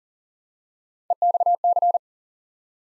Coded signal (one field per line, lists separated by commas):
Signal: Morse code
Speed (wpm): 38 wpm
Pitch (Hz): 700 Hz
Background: none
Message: EXC